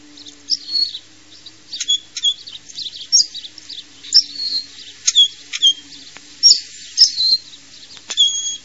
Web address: hemsa fogmp stenknack